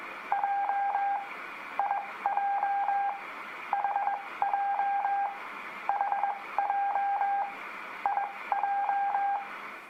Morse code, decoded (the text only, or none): J IJ HJ HJ IJ